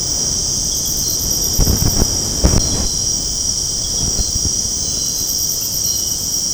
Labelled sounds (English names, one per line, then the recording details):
none
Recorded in secondary vegetation near Puerto Asís, Putumayo, Colombia, on 19 February 2024 at 23:00
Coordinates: 0.489, -76.322
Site G6419